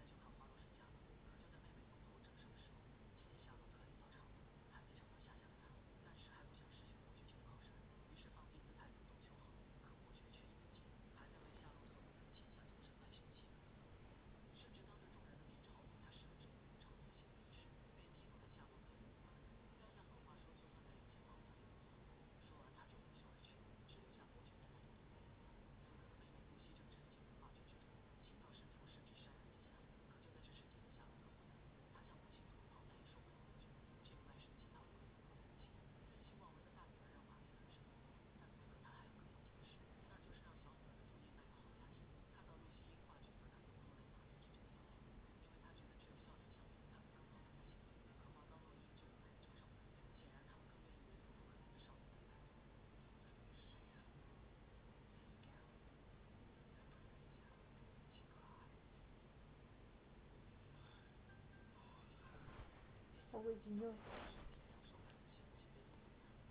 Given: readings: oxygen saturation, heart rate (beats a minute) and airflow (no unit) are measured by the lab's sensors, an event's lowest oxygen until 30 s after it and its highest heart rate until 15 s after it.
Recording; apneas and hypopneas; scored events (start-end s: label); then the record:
a person awake in a sleep study, by a voice recorder at the bedside; none
0.00-66.51 s: awake
0.00-66.51 s: awake
From the record:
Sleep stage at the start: awake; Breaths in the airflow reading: 26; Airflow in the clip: -0.7 to 0.7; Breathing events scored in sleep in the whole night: 496 in 5.4 hours asleep